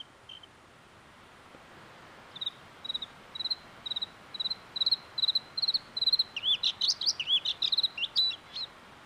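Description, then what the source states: Bluethroat song: a run of clear repeated high ringing notes, growing louder, then breaking into a varied twittering, jingling flourish. Called bell bird in Enontekiö and Sodankylä; other folk names include kettle-handle jingler, player and tinkler; Sámi names mean tongue-borrower and hundred-tongued.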